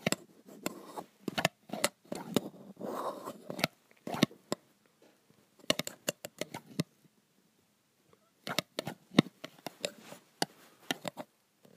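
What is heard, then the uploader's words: Graphite is scratched and tapped against metal in short, dry bursts: quick ticks and scrapes with a bright, gritty edge. Activity clusters early, pauses around seven to eight seconds, then returns in sharper taps near the end. ASMR Graphite on Metal.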